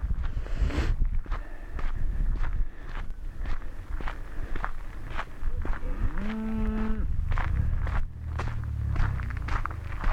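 Cattle: a short, level moo partway through, with crunching footsteps before and after.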